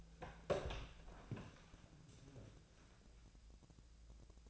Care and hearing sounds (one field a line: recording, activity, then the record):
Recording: daily activity, microphone in the room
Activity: open door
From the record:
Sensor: 2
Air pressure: 1000.4 hPa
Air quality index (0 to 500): 170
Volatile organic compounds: 3 ppm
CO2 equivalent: 1411 ppm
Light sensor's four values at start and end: 10/24/10/11 and 10/24/10/11